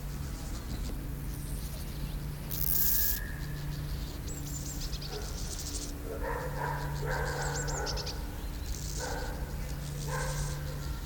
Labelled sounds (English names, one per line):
Steppe Grasshopper stridulation